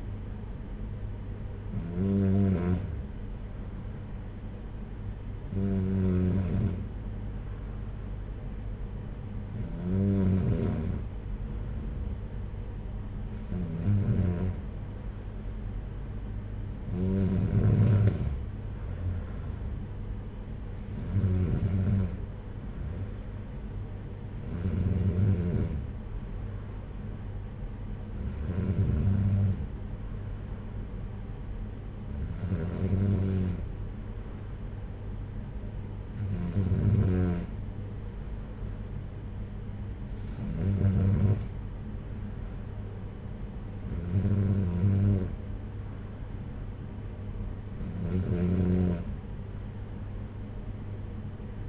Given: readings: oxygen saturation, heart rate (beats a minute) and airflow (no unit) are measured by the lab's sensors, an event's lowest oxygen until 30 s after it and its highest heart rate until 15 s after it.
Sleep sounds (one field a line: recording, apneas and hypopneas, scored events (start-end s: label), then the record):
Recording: breathing in sleep by a smartphone at the bedside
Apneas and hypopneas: none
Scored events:
none scored
From the record:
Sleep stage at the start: N3 (deep sleep)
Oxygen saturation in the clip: 93 to 94%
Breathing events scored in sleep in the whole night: 226 in 8.8 hours asleep